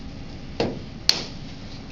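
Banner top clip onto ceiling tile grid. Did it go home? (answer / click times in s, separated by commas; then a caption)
yes / 1.1 s. A CVS/Pharmacy store banner's top clip is pushed onto the edge of a ceiling tile or its grid. A duller knock sounds at 0.6 s, then a sharp, loud click at 1.1 s as the clip snaps on and is seated on the ceiling tile grid.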